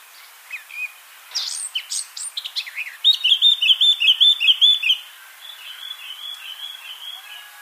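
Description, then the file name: Eurasian blackcap song, a rapid scratchy warble leading into a loud series of clear whistled notes, fading into softer chattering at the end. "Sylvia atricapilla"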